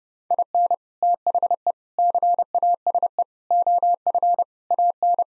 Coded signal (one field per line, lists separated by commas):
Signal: Morse code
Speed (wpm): 30 wpm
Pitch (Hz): 700 Hz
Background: none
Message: IN THE CASE OF AN